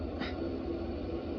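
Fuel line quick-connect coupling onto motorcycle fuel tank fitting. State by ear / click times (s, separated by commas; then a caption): not seated / none. The little collar on a fuel line quick-connect coupling is slid up by hand to prepare it before it is pushed onto the fuel tank fitting of a Road King motorcycle. A brief soft sliding swish comes at about 0.2–0.3 s over a steady low background hum. Nothing has seated or clicked yet.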